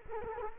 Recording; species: mosquito wingbeat signal from an infrared sensor; Culex quinquefasciatus